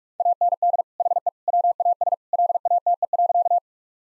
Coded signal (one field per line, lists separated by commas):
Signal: Morse code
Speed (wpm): 44 wpm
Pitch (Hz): 700 Hz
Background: none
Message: AND HE WAS LATE.